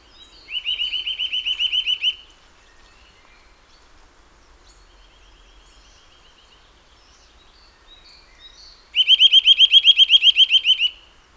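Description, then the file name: Eurasian nuthatch trilling twice with quick runs of rising whistled notes, a softer run between them, and scattered faint chirps during the pause. "Sitta europaea"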